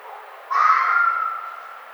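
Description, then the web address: Red fox giving one harsh, drawn-out scream starting suddenly and tapering away over roughly a second, with a low steady hiss behind it. 1 April 2009. "Red Fox 2009 04 01"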